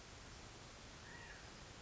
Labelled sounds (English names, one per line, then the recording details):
California Quail
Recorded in Sonoma County, California